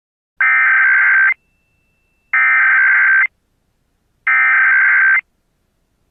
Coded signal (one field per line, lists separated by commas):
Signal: Emergency Alert System (SAME) tones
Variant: header bursts